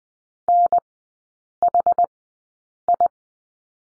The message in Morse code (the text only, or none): NHI